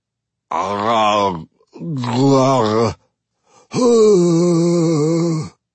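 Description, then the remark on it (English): A man makes three loud, strained vocal noises from his mouth, gurgling, grunting and bark-like groans, each about a second long with short pauses between them, rough and throaty with no words. “These noises, these gurgles and barks and grunts, they're coming from me. They're coming from my mouth.”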